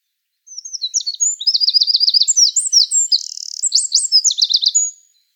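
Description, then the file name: Eurasian wren song: a full burst of about four and a half seconds, shrill notes and several fast rattled trills, then silence. "Troglodytes troglodytes"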